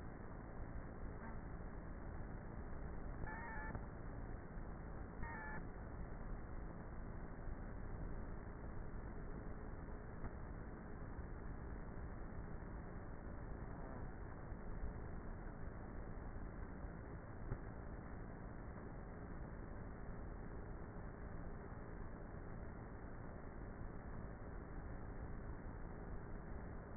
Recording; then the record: honeybee colony, microphone inside the hive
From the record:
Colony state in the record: queenless with a low population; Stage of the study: before two queens were removed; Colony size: about 30,000 bees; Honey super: no